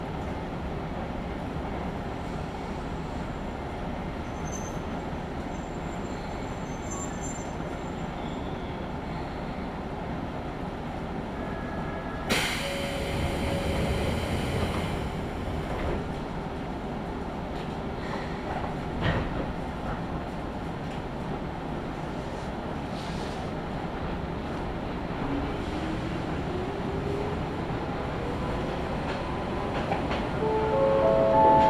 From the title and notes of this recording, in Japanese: 伊豆箱根鉄道 大雄山線 小田原→大雄山。列車は３両編成で12分間隔と単線区間の中では最も頻繁に走る路線の一つです。